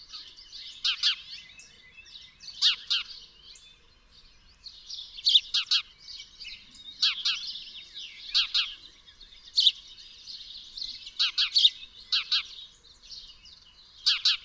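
Bird song: intermittent high chirped notes and brief rattling trills, spaced irregularly throughout, with soft background hiss.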